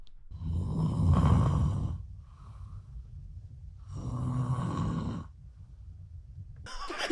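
Two loud, rough, low-pitched snores, each about one and a half seconds long, are heard with quieter breathing about two seconds between them, roughly 17 breaths a minute. This is heavy snoring from a woman about five minutes after she fell asleep, made by the soft tissues of the throat vibrating on each breath in.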